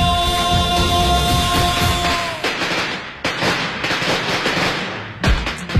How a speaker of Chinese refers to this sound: 一场喧嚣热闹的场景渐渐散去，空气中弥漫着浓浓的鞭炮燃放后的火药气息，一切都是那么的震撼，却又如此真实。